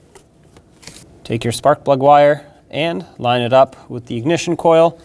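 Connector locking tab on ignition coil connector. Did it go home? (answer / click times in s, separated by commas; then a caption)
yes / 0.9 s. The plastic locking tab on the ignition coil's electrical connector on a 2011-2016 Ford F-350 6.2L V8 is pushed shut and snaps closed with a short, sharp click at 0.9 s, after a fainter tick at 0.6 s. Then someone talks, and the connector is locked in place.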